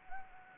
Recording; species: mosquito wingbeat signal from an infrared sensor; Anopheles gambiae